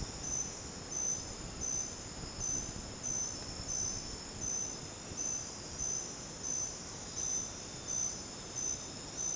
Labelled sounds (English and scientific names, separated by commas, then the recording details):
none
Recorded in dense forest near Puerto Asís, Putumayo, Colombia, on 13 March 2025 at 00:00
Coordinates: 0.486, -76.317
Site G053